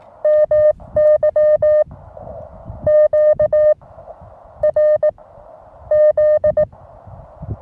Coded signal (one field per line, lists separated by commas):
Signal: Morse code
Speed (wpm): 20 wpm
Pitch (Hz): 610 Hz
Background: none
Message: MY QRZ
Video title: Morse Code en Provence.